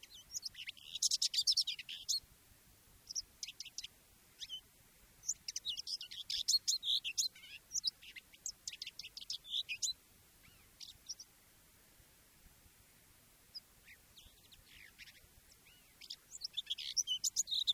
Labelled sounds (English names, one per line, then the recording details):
Common Whitethroat song
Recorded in the wild
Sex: male
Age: adult
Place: Möhrendorf, Bayern, DE
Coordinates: 49.6372, 10.9831
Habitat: pond
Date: 1962-06-04
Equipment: Stellavox SM 5, AKG D19-200, langes Kabel, Original, Vollspur
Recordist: Tretzel, Erwin